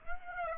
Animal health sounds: mosquito wingbeat signal from an infrared sensor; Aedes aegypti

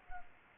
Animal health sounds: mosquito wingbeat signal from an infrared sensor; Culex pipiens

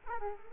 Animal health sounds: mosquito wingbeat signal from an infrared sensor; Culex quinquefasciatus

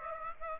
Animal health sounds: mosquito wingbeat signal from an infrared sensor; Aedes aegypti

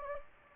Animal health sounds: mosquito wingbeat signal from an infrared sensor; Anopheles gambiae

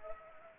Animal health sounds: mosquito wingbeat signal from an infrared sensor; Anopheles gambiae

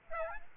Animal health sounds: mosquito wingbeat signal from an infrared sensor; Aedes aegypti

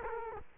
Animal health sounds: mosquito wingbeat signal from an infrared sensor; Culex quinquefasciatus

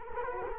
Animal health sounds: mosquito wingbeat signal from an infrared sensor; Culex quinquefasciatus

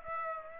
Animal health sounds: mosquito wingbeat signal from an infrared sensor; Aedes aegypti

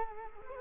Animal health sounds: mosquito wingbeat signal from an infrared sensor; Culex quinquefasciatus

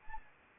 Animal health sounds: mosquito wingbeat signal from an infrared sensor; Anopheles arabiensis

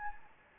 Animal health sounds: mosquito wingbeat signal from an infrared sensor; Anopheles gambiae

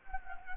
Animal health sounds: mosquito wingbeat signal from an infrared sensor; Anopheles gambiae

